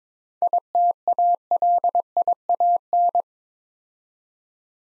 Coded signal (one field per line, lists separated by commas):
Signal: Morse code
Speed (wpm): 22 wpm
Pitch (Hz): 700 Hz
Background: none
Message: ITALIAN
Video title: Easy Words - Speed-Racing with Hints - 17wpm